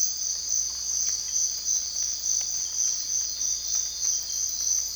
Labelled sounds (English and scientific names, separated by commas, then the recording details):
none
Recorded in dense forest near Puerto Asís, Putumayo, Colombia, on 20 December 2024 at 05:00
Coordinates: 0.485, -76.318
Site GP03